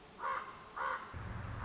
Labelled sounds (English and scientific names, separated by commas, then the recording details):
Common Raven (Corvus corax)
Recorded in Sonoma County, California